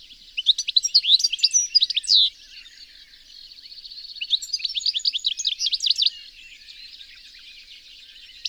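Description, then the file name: European goldfinch with bright, jangling twitters and short buzzy notes in fast phrases. "Carduelis carduelis"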